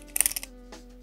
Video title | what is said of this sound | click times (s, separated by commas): How to defuse a Bomb puzzle! | so until you hear it click | 0.2 s, 0.3 s, 0.4 s